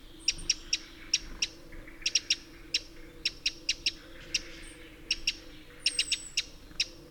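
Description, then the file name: Eurasian wren uttering a steady run of dry, clicking tek notes, single and clustered, repeated throughout; brief high whistles are also heard. "Troglodytes troglodytes"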